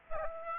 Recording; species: mosquito wingbeat signal from an infrared sensor; Aedes aegypti